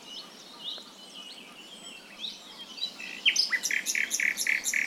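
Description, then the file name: Common nightingale singing: soft, varied chirps and slurred notes, then a sudden loud run of evenly spaced, repeated whistled notes to the end. "Luscinia megarhynchos"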